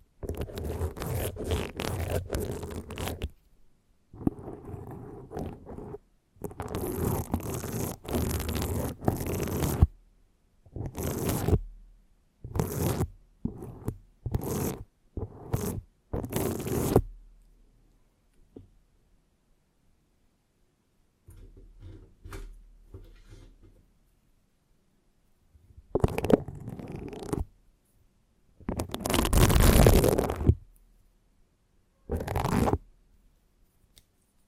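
Harsh mic scratching comes in rough bursts, some lasting a few seconds, others short scrapes of under a second. Dense rasping fills the first sixteen seconds, then near silence with faint rubbing, before loud scratches return around 26 and 29 seconds.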